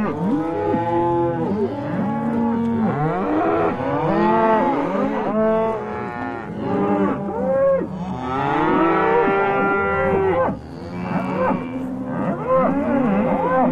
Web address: cows